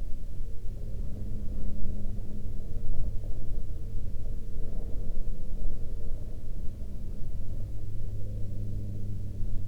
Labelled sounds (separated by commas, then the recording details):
aircraft
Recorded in the Prudhoe Bay oil fields, Alaska, on 20 May 2021 at 13:03
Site 17